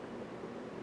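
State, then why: Not seated. A flat-blade screwdriver bit is handled at the metal bit holder of a Leatherman Skeletool multitool, with only a steady low broadband rumble heard and no distinct click. Nothing has seated or clicked yet; the clip ends just before the bit goes home.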